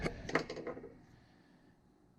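A soldered gold bullet pin is pushed with a screwdriver into a plastic EC3 battery connector housing, making a quick series of sharp scraping taps. The loudest click comes at 0.4 s, followed by a few softer ticks that fade to quiet. The pin is seated in the connector.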